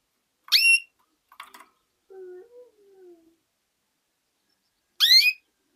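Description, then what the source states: Canary: two upslurred whistled call notes, the second richer and buzzier, with a faint low wavering tone and soft clicks in between. Female.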